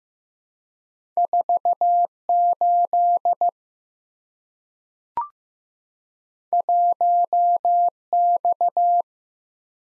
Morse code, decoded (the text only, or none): 48 1X